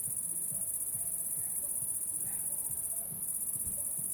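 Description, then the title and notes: Cricket song as a continuous high-pitched trill, over a low, pulsing throb that repeats roughly twice a second. Recorded at La Sablière, Saint-Privat-de-Champclos, France, with a Zoom H6 and M/S microphone. "30430 Saint-Privat-de-Champclos, France - cricket la sabliére. cricket la sabliére Captation : ZOOMH6 + M/S Microphone"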